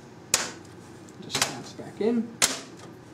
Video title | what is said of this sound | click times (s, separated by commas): Build a $550 AMD Computer with SSD and Windows 7 | after snapping that back in I realized | 0.3 s